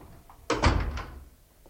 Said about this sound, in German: Machen Sie die Tür zu.